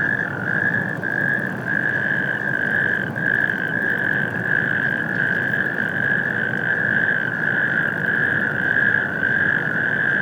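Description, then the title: Natterjack toads in a dense chorus of loud, rattling trills that overlap into a near-continuous purr, with faint gaps now and then over a low background rumble. Several natterjack toads on an industrial wasteland at Stockstadt am Main, heard from the Main riverbank at Mainaschaff, Germany, warm spring night shortly before 22:00; mid-side stereo, Rycote HC-22, EM283 microphones, MixPre-6 II. "Mainufer, Mainaschaff, Deutschland. Kreuzkröten - Kreuzkröten auf der Industriebrache Stockstadt Kai 6"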